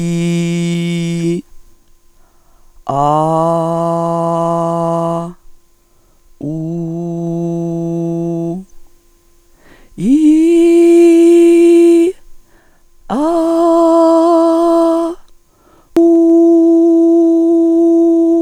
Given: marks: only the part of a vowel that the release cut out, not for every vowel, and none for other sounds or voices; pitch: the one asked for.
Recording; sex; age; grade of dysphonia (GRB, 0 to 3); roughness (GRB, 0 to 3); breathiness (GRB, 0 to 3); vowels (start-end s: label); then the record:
sustained vowels; female; 40 to 49 years; 2; 1; 2
0.00-1.23 s: vowel /i/, normal pitch
3.16-5.01 s: vowel /a/, normal pitch
6.60-8.45 s: vowel /u/, normal pitch
10.27-12.00 s: vowel /i/, high pitch
13.30-14.89 s: vowel /a/, high pitch
16.26-18.12 s: vowel /u/, high pitch
From the record:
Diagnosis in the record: functional dysphonia, psychogenic dysphonia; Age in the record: 44 years